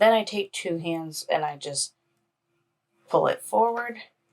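A rivet set through a fabric D-ring connector tab rests in a hand rivet press, with the handle lowered onto the rivet and pulled forward with both hands to set it. Someone talks throughout, with a pause of silence between 1.9 and 3.1 seconds. The rivet has not popped into place yet, and nothing has seated by the end.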